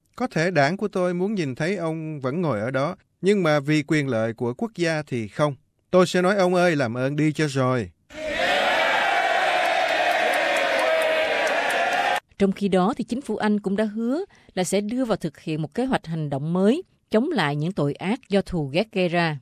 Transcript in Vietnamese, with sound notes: Có thể đảng tôi muốn nhìn thấy ông vẫn ngồi ở đó nhưng mà vì quyền lợi của quốc gia thì không. Vì vậy tôi có thể nói ông ơi ông làm ơn đi dùm cho.'" (cheers) Trong khu đó thì chính phủ Anh cũng đã hứa là sẽ đưa vào thực hiện một kế hoạch hành động mới chống lại những tội ác thù ghét.